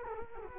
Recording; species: mosquito wingbeat signal from an infrared sensor; Culex quinquefasciatus